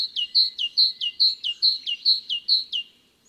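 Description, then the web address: Great tit: a steady series of many bright, high, down-slurred notes in quick succession. Garden bird. "Mesange charboniere. album oiseaux-des-jardins"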